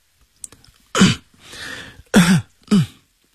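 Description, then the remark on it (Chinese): A man gives three short, soft coughs with a breathy, raspy throat-clearing sound between the first and second, spaced unevenly over a few seconds with no talking, clearing phlegm to spit into a spittoon. “他轻轻地咳嗽几声，将痰吐进痰盂，又向痰盂中望了一眼，神色愁苦”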